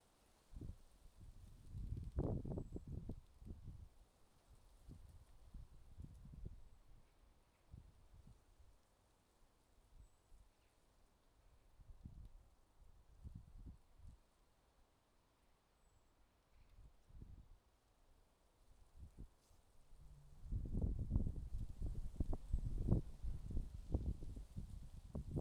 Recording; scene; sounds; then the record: everyday scene through a hearing-aid microphone; wind on the microphone; wind, traffic, birds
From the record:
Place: suburban garden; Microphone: in the ear canal, left